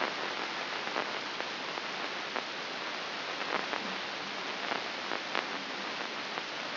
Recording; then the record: brain microelectrode recording played as sound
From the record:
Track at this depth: outside the subthalamic nucleus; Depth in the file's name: 5.419 mm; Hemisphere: left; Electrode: 2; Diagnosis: Parkinson's disease